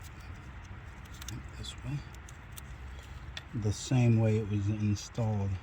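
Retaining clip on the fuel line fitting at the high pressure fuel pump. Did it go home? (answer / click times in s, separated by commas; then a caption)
no / none. The retaining clip on the fuel line fitting at the high pressure fuel pump, during a high pressure fuel pump upgrade install on a Hyundai Elantra N, Kona N or Veloster N, is positioned and lined up to be reinstalled the same way it came off. Faint handling ticks are heard around 1.2, 1.3, 2.3, 2.6 and 3.4 seconds, then someone talks from about 3.5 seconds. The clip has not been pushed home and nothing has clicked yet.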